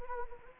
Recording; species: mosquito wingbeat signal from an infrared sensor; Anopheles gambiae